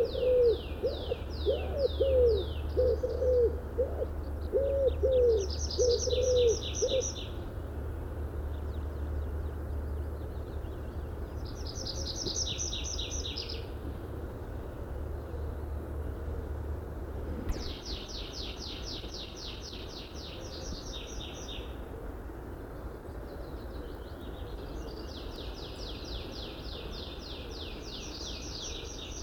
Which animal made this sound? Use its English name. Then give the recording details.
Common Wood Pigeon. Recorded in the wild. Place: Schabe, Insel Rügen, Mecklenburg-Vorpommern, DE. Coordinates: 54.57, 13.45. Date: 1970-05-17. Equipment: Nagra III BH, Sennheiser MD 21, parabola. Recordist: Schubert, Michael